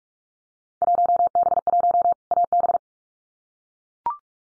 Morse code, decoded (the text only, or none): 1B1 AB